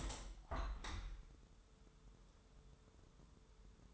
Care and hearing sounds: daily activity, microphone in the room; open window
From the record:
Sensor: 3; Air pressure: 1014.9 hPa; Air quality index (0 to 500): 26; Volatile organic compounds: 1 ppm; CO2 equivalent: 506 ppm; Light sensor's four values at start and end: 10/22/9/9 and 10/23/10/9

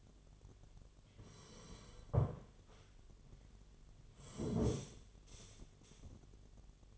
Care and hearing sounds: daily activity, microphone in the room; sit down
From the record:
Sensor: 4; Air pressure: 1008.6 hPa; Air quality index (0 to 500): 171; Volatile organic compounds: 5 ppm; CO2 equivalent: 1718 ppm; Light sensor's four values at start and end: 23/72/27/26 and 23/72/27/26

